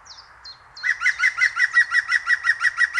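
European Green Woodpecker: a few thin high notes, then a brisk repeated series of many ringing laughing notes continuing to the end.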